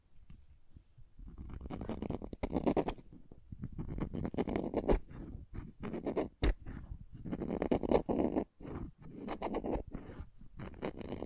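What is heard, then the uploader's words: Crayons scrape and rub across a surface in gritty strokes, rising and falling in rough bursts over the whole stretch. Sharp taps and clicks cut through now and then, notably around the middle, with brief quiet gaps between strokes. ASMR Sleepy Crayons Tapping, Carving, Cutting, Drawing Sounds (No Talking).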